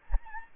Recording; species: mosquito wingbeat signal from an infrared sensor; Aedes albopictus